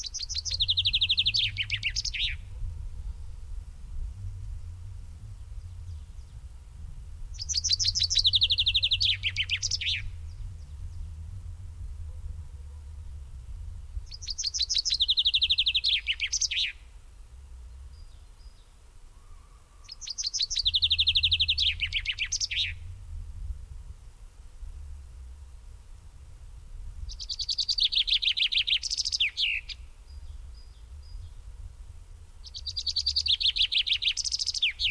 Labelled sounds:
Common Chaffinch (Fringilla coelebs) song
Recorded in the wild
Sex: male
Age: adult
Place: Bubenreuth, Bayern, DE
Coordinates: 49.4914, 11.0694
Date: 1962-04-12
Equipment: Stellavox SM 5, langes Kabel
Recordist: Tretzel, Erwin

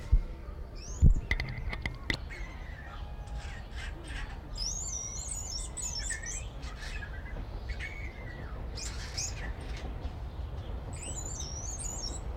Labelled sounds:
Wattled Starling (Creatophora cinerea)
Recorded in captivity
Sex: male
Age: adult
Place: Zoo Berlin, Berlin, DE
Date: 1994-04-02 11:45
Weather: wolkig bis heiter, 8-10°C
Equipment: Marantz CP 430, Sennheiser ME 80, Kopie Uher Variocord 263
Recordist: Tembrock, Günter

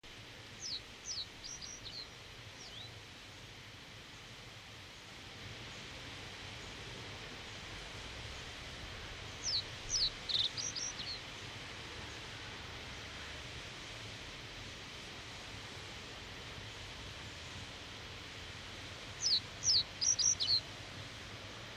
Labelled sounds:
Reed Bunting (Emberiza schoeniclus) song
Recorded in the wild
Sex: male
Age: adult
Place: Rietberg, Nordrhein-Westfalen, DE
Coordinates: 52.8, 8.43333
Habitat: pond
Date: 1970-06-28
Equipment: Uher 4000 Report-S, Bändchenmikro Beyer M 260, Parabolspiegel Polyester (470 mm)
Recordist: Conrads, Klaus
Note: Rietberger Fischteiche. Männchen: Gesang

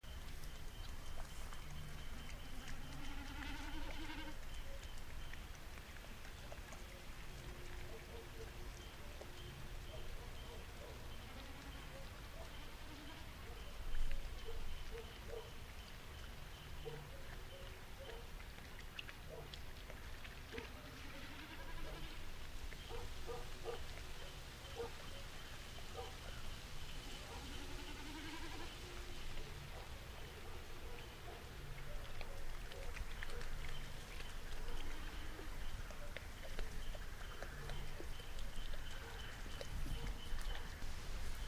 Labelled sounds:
Common Snipe (Gallinago gallinago)
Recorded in the wild
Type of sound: aerial display
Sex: male
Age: adult
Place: Kützerhof, Kummerower See, Mecklenburg-Vorpommern, DE
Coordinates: 53.8506, 12.8581
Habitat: wetland
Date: 2008-06-10 23:06
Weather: ca. 15°C
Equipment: Sound Devices 702, Sennheiser MKH 70, Windkorb
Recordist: Frommolt, Karl-Heinz
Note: Wiedervernässungsfläche Polder Große Rosin, Waldwiese: Balzflug (Meckern) einer Bekassine - entfernt

